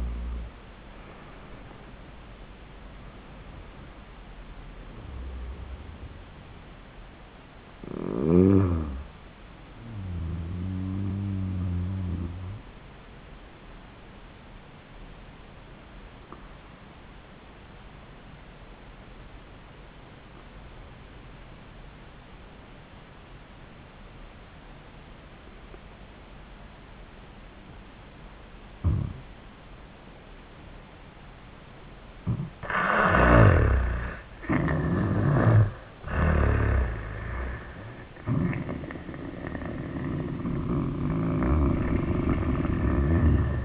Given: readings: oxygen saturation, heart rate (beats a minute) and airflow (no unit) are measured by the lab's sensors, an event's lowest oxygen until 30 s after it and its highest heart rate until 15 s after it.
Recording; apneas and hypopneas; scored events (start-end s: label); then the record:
breathing in sleep by a voice recorder at the bedside; 1
16.00-43.65 s: new sleep stage, N2 (light sleep)
17.00-34.00 s: obstructive apnea (N2, oxygen 97% highest, then 81% lowest, heart rate 84 at the start, 88 highest)
From the record:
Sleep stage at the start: N1 (lightest sleep); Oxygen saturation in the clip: 78 to 97%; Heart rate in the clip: 76 to 94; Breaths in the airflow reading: 6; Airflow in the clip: -22.0 to 18.7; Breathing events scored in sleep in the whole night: 400 in 8.7 hours asleep